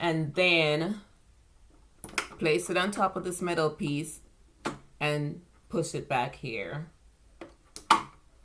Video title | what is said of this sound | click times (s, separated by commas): Preparing the Fashion Mate 3342 sewing machine for next project | so it snaps in place. | 7.9 s